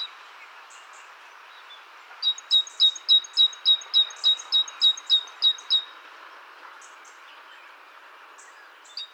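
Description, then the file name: Great tit song: a run of many bright, high two-part notes repeated quickly and evenly, then quiet, with faint scattered chirps from other birds before and after. "Parus major"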